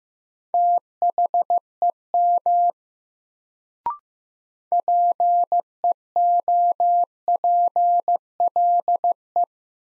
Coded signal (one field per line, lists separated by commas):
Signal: Morse code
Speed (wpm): 15 wpm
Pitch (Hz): 700 Hz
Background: none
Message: THEM PEOPLE